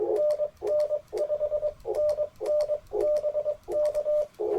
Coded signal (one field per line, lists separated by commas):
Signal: Morse code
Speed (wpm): 21 wpm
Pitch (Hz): 600 Hz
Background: none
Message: NN 5NN BK